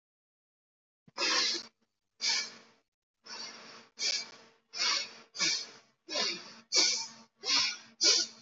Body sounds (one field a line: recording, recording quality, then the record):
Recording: shallow breathing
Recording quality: excellent, no background noise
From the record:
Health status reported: healthy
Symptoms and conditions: none ticked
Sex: male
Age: 30 years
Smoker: not ticked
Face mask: not worn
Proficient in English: yes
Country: India